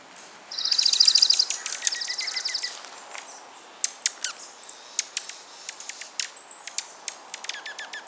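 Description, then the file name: Dark-eyed junco opening with a short, fast high trill and a quieter chattering follow-up, then a run of sharp separate chip notes. Oregon group of Dark-eyed Junco. "Junco hyemalis Oregon group - Dark-eyed Junco"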